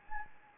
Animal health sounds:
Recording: mosquito wingbeat signal from an infrared sensor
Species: Anopheles gambiae

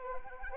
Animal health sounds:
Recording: mosquito wingbeat signal from an infrared sensor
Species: Anopheles arabiensis

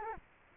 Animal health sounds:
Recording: mosquito wingbeat signal from an infrared sensor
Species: Culex quinquefasciatus

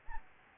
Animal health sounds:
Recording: mosquito wingbeat signal from an infrared sensor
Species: Anopheles gambiae

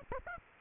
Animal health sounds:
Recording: mosquito wingbeat signal from an infrared sensor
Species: Aedes aegypti

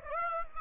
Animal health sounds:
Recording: mosquito wingbeat signal from an infrared sensor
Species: Aedes aegypti

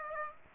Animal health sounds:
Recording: mosquito wingbeat signal from an infrared sensor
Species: Aedes aegypti

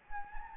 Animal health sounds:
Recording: mosquito wingbeat signal from an infrared sensor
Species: Anopheles gambiae

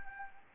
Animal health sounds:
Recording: mosquito wingbeat signal from an infrared sensor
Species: Anopheles arabiensis

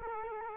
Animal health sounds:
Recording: mosquito wingbeat signal from an infrared sensor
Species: Culex quinquefasciatus

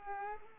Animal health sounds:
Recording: mosquito wingbeat signal from an infrared sensor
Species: Culex pipiens

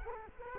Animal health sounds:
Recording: mosquito wingbeat signal from an infrared sensor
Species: Culex quinquefasciatus

